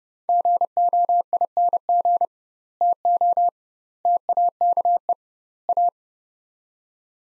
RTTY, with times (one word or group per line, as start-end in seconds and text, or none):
none